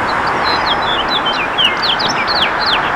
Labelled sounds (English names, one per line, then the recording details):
House Finch song
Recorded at East Hampton on Long Island, New York, on 15 June 2013
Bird A